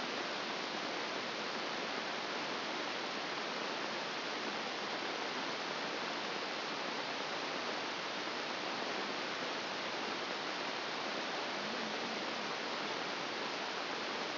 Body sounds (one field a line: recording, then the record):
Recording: brain microelectrode recording played as sound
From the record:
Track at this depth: outside the subthalamic nucleus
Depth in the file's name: 0.641 mm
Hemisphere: left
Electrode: 2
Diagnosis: Parkinson's disease